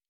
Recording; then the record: hydrophone in a shrimp aquaculture tank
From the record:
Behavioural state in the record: normal